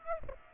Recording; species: mosquito wingbeat signal from an infrared sensor; Aedes aegypti